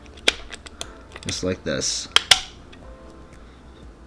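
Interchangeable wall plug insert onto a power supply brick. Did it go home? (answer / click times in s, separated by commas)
yes / 0.3 s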